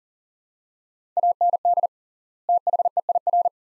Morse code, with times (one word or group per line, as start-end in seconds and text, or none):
1.2-1.9 AND
2.5-3.5 THEIR